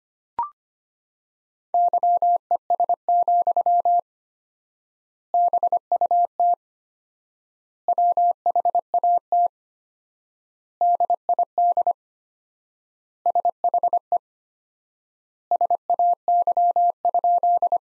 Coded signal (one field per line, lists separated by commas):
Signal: Morse code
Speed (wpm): 25 wpm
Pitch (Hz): 700 Hz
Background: none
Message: YES, BUT WHAT DID SHE SAY?